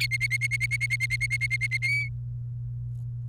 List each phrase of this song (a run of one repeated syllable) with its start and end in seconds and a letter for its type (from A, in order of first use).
0.00-1.77 A, 1.82-2.08 B